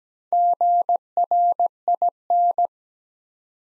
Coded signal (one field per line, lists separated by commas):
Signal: Morse code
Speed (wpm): 17 wpm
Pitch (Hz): 700 Hz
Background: none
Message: GRIN